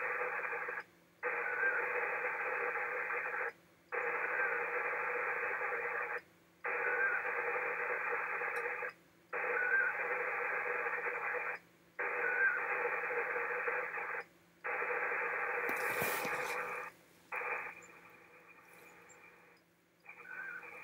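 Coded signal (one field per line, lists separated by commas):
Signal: HF data modem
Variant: ARDOP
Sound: bursts of wide hissing data noise, about seven blocks separated by brief pauses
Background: radio static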